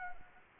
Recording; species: mosquito wingbeat signal from an infrared sensor; Anopheles arabiensis